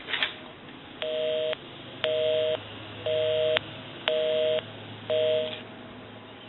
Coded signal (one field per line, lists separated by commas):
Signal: telephone call progress tone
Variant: North America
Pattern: busy tone